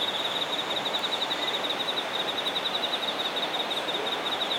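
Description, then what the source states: Insect singing a continuous rapid pulsed trill at a single high pitch, with a dense hiss of background noise underneath. Singing insects recorded in Shinagawa, Japan.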